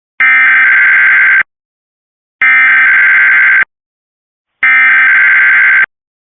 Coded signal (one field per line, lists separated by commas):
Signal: Emergency Alert System (SAME) tones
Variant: header bursts